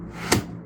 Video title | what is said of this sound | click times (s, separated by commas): NEW Wave 2 by EcoFlow now with a Heater! EcoFlow Wave 2 (sponsored) | lock it in place it's now on the unit you want to release it | 0.3 s